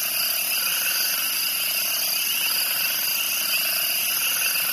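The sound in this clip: Steady cricket chorus of layered high-pitched trills, with a softer pulsing rhythm in the lower range.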